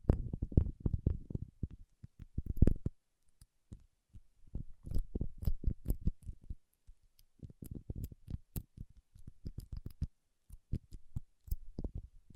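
Paraffin wax being tapped and scratched in quick bursts of dull, low knocks, with thin crackles and scrapes flicking higher above them. The tapping comes in dense clusters, pausing briefly around three and seven seconds, then resumes and continues steadily to the end.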